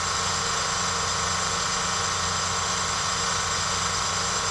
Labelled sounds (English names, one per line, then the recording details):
none
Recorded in secondary vegetation near Puerto Asís, Putumayo, Colombia, on 4 March 2025 at 06:00
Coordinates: 0.468, -76.324
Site G059